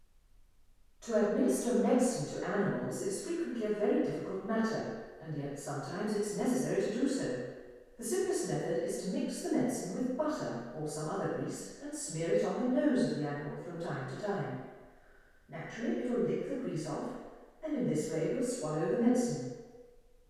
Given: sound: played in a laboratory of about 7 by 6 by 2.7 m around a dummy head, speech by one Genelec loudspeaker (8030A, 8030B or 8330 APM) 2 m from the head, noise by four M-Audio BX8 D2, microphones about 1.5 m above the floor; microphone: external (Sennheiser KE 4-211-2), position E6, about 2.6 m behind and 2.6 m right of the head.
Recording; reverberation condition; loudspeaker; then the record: female speech in English; high; 150 degrees to the left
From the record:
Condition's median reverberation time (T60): about 1300 ms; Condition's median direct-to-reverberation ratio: about -4.0 dB